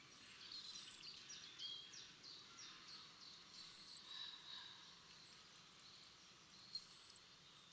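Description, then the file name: European robin call: three thin, very high, drawn-out whistled notes, each slightly falling, spaced about three seconds apart, with faint soft twittering between them. "Erithacus rubecula"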